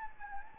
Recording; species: mosquito wingbeat signal from an infrared sensor; Anopheles gambiae